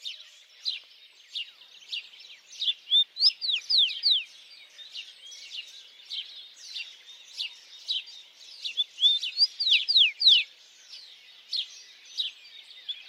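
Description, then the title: Birds singing together, a dense stream of high chirps and sharp tweets, busiest around three to four and nine to ten seconds. Birds singing at dawn. "Pássaros Cantando No Amanhecer"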